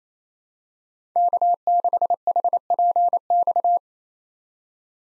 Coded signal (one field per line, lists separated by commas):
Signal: Morse code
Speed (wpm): 28 wpm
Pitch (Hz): 700 Hz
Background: none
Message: K6HPX